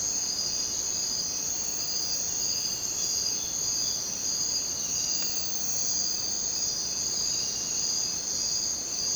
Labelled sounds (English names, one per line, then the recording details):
none
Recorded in dense forest near Puerto Asís, Putumayo, Colombia, on 22 June 2025 at 02:30
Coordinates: 0.484, -76.317
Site G045